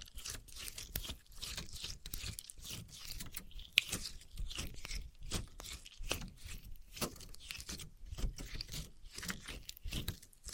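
Objects of wood, cork, sponge, foam, glass and plastic are handled and rubbed together, giving a dense run of crunching, scraping and squeaking with no pauses. The sounds swell and fade in quick irregular bursts, with one sharp click near four seconds.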